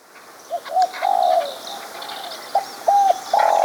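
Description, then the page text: Spotted dove song, soft cooing notes in short phrases, two brief coos followed by a longer drawn-out one, with faint chirps of other birds behind. "Spotted Dove Song Sound Effect. Quick Sounds"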